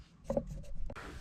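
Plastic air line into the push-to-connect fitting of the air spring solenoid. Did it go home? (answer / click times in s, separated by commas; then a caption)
yes / 0.3 s, 0.4 s. A plastic air line is pushed straight into the push-to-connect fitting of a new rear air spring solenoid on a 2007 Lincoln Town Car (Panther platform) during an air suspension bag replacement. Two sharp ticks at 0.3 and 0.4 seconds mark the line clicking into the fitting and seating firmly, followed by a fainter tick near 0.9 seconds and soft rubbing and handling noise.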